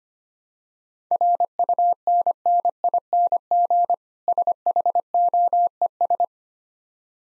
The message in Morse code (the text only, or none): RUNNING SHOES